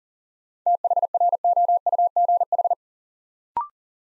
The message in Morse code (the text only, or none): THROUGH